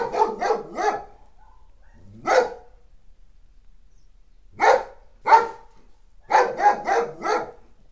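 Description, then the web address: Dog barking in irregular bursts: a quick run of three barks, then single barks, then a final rapid series of four. The owner's own dog. "my sobaka"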